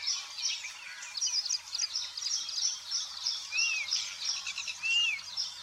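Birds twittering continuously in a high chorus, with two clear arched whistles near the end over a faint low hum.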